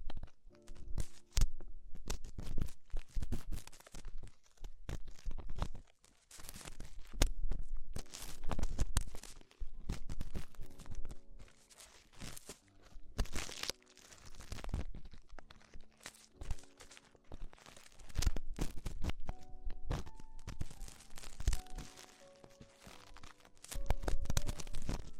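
Dense crinkling and crunching fill an ear-focused sound session, with sharp crackles arriving in rapid clusters and short pauses around 6, 16 and 24 seconds. Steady low tones run underneath, and a few gliding higher tones appear near the twenty-second mark.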